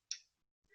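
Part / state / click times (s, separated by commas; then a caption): flip-off cap on a multi-dose medication vial / released / 0.1 s. A nurse flips the plastic flip-off cap off a multi-dose medication vial, and a sharp, short click sounds at 0.1 s as the cap releases open. A fainter, softer low rustle follows near the end.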